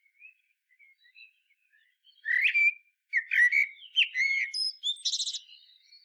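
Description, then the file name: Common blackbird song, with quiet scattered notes, then a loud fluty warble and a final high, rattling squeak. "Turdus merula"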